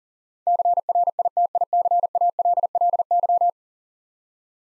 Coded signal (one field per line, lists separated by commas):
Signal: Morse code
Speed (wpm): 41 wpm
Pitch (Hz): 700 Hz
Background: none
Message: CRITICALLY